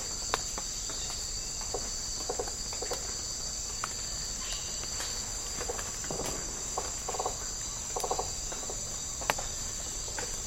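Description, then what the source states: Rainforest insects chorus: a constant high buzzing drone under repeated short bursts of rapid ticking. Tropical rainforest habitat.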